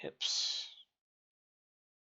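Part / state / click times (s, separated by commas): plastic model kit part into the hip joint of the model / not seated / none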